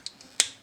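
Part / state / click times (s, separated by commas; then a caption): arm cover clasp into transforming robot toy arm / seated / 0.4 s. On a transforming robot toy (Zangwange Chuangji Hero-class Yinglongwei Ganglei), the arm cover panel with the dragon claw and robot fist is flipped over and its plastic clasp is pressed shut onto the arm. Faint plastic ticks come at 0.1 s and 0.2 s, then a sharp bright snap at 0.4 s. The clasp seats and is fastened at 0.4 s.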